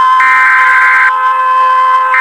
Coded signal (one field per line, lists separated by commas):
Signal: Emergency Alert System (SAME) tones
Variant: header bursts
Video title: Falkland islands EAS Alarm (oversea territory by UK)